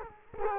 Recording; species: mosquito wingbeat signal from an infrared sensor; Culex quinquefasciatus